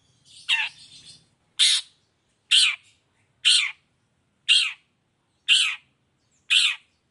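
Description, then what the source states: Long-tailed shrike harsh calls: rasping, squawk-like notes repeated steadily about once a second, each short and broad, with silence between. Chatty (gacor) cendet calling in the morning, 'toet toet' variation, clear voice, full variation; tutor recording easy for any cendet to imitate.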